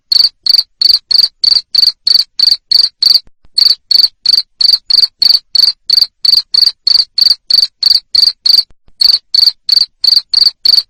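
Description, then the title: Cricket repeating high, buzzy chirps at a steady pace near three per second, with two brief silences. Loud cricket chirping played to stimulate lovebirds to keep singing (ngekek). "Suara JANGKRIK NGERIK Keras Bikin LOVEBIRD Jadi NGEKEK Terus Vubey"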